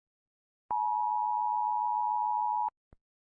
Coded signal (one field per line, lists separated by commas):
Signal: Emergency Alert System (SAME) tones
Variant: 853 and 960 Hz attention tone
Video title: Rating Eas Alarms Part 1: The Beggining